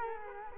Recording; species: mosquito wingbeat signal from an infrared sensor; Culex quinquefasciatus